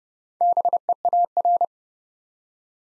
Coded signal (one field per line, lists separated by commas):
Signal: Morse code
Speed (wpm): 30 wpm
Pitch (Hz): 700 Hz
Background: none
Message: BEAR